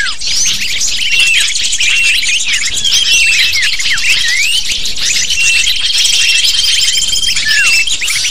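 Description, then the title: Lovebirds calling together in a nonstop shrill chorus of quick squeaky chirps, some falling in pitch, with a steady high tone audible at times. Lovebird calls used as a lure (pikat) to attract lovebirds. "PIKAT BURUNG LOVEBIRD"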